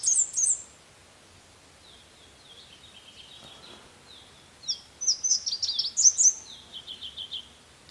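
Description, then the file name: Red warbler song: a high chattering opener, a few softer notes, then a lively burst of fast, high twittering phrases. "Canto do mariquita vermelha"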